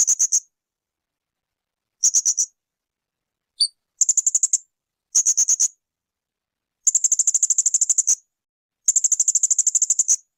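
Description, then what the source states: Spiderhunter song: repeated bursts of rapid, very high staccato chips, the later bursts longer and more drawn-out, with clean silent gaps between them. Tutoring audio for training cage birds; described as singing constantly, clear and long.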